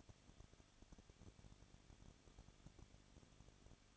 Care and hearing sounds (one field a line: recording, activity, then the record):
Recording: daily activity, microphone in the room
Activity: no activity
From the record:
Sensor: 4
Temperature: 23.1 degrees Celsius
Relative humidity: 34.1%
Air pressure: 1007.2 hPa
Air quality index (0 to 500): 214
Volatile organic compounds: 14 ppm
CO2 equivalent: 2470 ppm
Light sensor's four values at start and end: 2/3/1/1 and 2/3/1/1